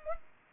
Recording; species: mosquito wingbeat signal from an infrared sensor; Culex pipiens